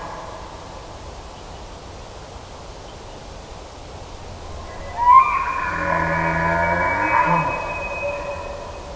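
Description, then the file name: Moose call: after several seconds of steady hiss, a long nasal moan begins with a sharp onset and holds for about two seconds before fading. "Alce"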